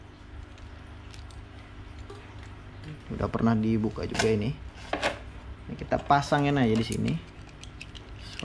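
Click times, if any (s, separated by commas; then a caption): 8.4 s. A plastic wiring connector on a siren/speaker unit is plugged into its mating socket on the siren amplifier/speaker. Someone talks over a quiet background, with a few small handling taps near the end. The connector clicks in at 8.4 s, which means it is properly fitted.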